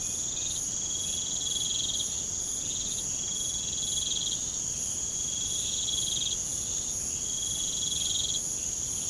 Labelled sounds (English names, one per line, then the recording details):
none
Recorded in pastures near Puerto Asís, Putumayo, Colombia, on 23 June 2025 at 01:00
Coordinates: 0.472, -76.331
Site G095